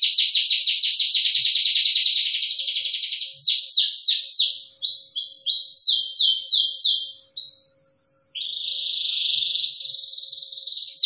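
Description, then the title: Canary song starting with a long rapid trill, then repeated swooping notes, a thin whistle and a steady buzzy trill. Cengkok song style, the style sought by contest judges. "Cengkok kenari mewah yang di cari juri"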